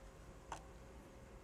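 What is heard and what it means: A ribbon cable is pushed down into its connector on the radio board of a CarPlay kit for a 2012–2016 Porsche, with the blue side facing the installer. A single sharp click at 0.5 seconds confirms the cable is seated, over a low steady background hum.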